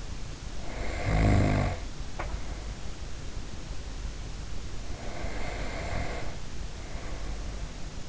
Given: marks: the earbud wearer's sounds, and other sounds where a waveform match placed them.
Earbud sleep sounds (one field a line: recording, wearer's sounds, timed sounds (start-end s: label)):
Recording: sounds in sleep by an in-ear microphone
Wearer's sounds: snoring breath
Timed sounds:
0.57-2.86 s: snoring breath
4.90-8.09 s: snoring breath